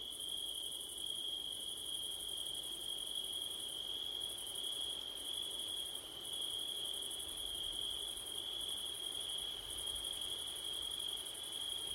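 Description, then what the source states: Crickets sing an unbroken, even, high trill throughout, layered with a thinner, higher buzzing band and a soft background hiss. Recorded on a September night with wind, using a Blumlein stereo microphone pair.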